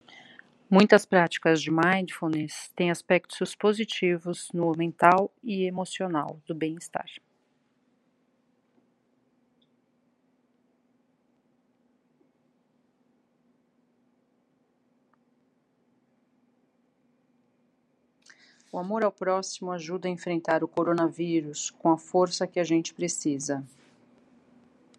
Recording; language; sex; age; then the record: spoken sentence; Brazilian Portuguese; female; 50 to 59 years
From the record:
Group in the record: control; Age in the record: 50 years